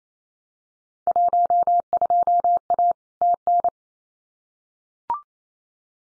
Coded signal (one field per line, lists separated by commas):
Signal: Morse code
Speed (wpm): 28 wpm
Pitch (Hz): 700 Hz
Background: none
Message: 12A TN